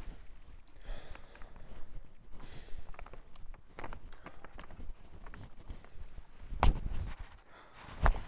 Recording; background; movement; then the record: deep breathing; quiet; walking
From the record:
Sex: male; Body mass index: 23.7 kg/m2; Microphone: on the chest, facing outward